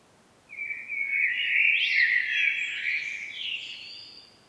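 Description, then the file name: Common blackbird with one loud, rich warbled phrase that swells and then trails off into thin, high twittering notes. "Turdus merula"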